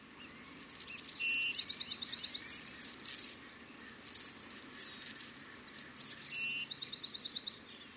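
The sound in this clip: Anna's hummingbird song: scratchy, buzzy high-pitched phrases of rapid squeaky and ticking notes, given in two long bursts separated by a brief pause.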